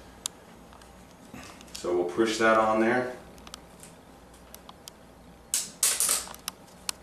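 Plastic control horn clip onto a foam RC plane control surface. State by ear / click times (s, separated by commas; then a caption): seated / 6.5 s, 6.9 s. Someone talks while a plastic control horn clip is pushed onto the foam control surface of a Hobby King AXN Clouds Fly Floater RC jet, with handling noise and rustling around 5.5 to 6.2 seconds. Sharp clicks at 6.5 and 6.9 seconds mark the clip snapping on and seating.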